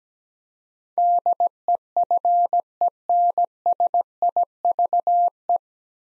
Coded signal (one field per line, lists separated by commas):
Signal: Morse code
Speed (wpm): 17 wpm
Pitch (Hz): 700 Hz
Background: none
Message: DEFENSIVE